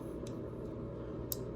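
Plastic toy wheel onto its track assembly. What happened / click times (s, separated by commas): The plastic wheel snapped back into place / 1.3 s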